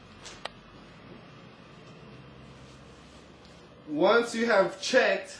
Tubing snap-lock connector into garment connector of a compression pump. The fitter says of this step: with your snap lock connector push it in until it snaps into place